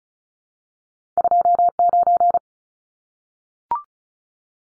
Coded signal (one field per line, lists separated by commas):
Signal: Morse code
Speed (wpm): 34 wpm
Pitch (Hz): 700 Hz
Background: none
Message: 29